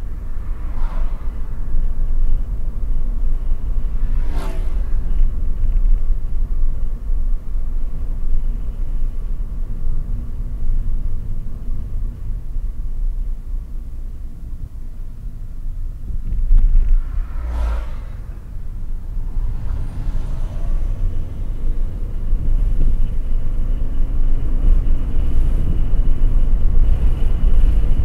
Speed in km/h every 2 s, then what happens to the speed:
40, 44, 44, 42, 37, 33, 27, 22, 22, 29, 41, 53, 61, 67.
0-6 steady at about 42. 6-16 slows to 22. 16-28 speeds up to 67.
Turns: none.